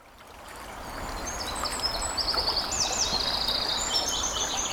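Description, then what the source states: Eurasian wren song: quick, very high trills and twittering notes running from about one and a half seconds to the end, heard over the continuous rush of flowing water. Recorded beside a brook.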